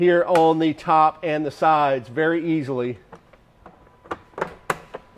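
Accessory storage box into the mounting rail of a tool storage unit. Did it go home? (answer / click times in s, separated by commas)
yes / 4.7 s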